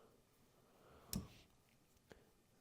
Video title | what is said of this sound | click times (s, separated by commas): Can I Get This Back Together? Rebuilding a CAT Backhoe Hydraulic Cylinder Part 2 | now that clicked into place | 1.1 s